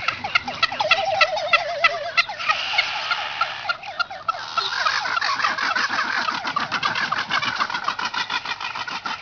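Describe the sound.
Frigatebird rattling calls: fast clicking rattles throughout, a brief wavering trill near the start, and overlapping chatter.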